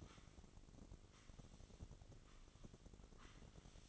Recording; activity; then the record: daily activity, microphone in the room; sweep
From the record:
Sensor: 4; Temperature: 27.1 degrees Celsius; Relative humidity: 35.2%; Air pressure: 1003.9 hPa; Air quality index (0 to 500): 149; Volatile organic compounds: 2 ppm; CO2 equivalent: 1064 ppm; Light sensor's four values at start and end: 16/37/15/16 and 16/37/15/16